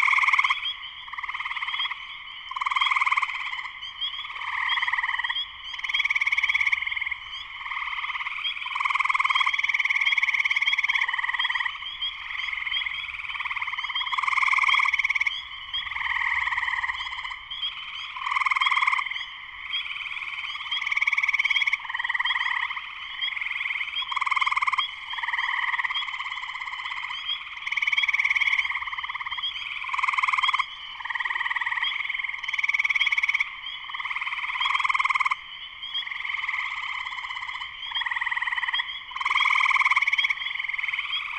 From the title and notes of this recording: Spring Peepers in Concert. Returning to the idyllic Boekeloo Lodge at Sleeping Bear Dunes National Lakeshore for the second week. The resounding chorus of spring peepers that punctuated the evening air. For this endeavor, I brought along my new LÖM BasicUcho microphones. My trusty companion, as always, was the Zoom F3 Field Recorder. The skies overhead clear with a hint of a breeze that softly grazed but didn’t interrupt my recording.